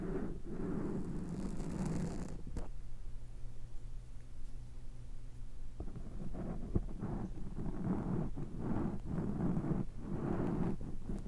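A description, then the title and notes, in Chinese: A fork pokes and scratches in a steady, dense run of low, rough scraping and rubbing. A sharp tap lands near two and a half seconds, then a smoother humming stretch follows until about six seconds, when gritty scratching bursts return repeatedly to the end. 叉子/戳&抓。叉子 ASMR。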